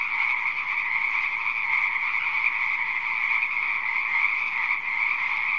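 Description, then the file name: Frog chorus, countless overlapping calls merging into a constant rasping drone that neither rises nor falls throughout. "audio hero Frog"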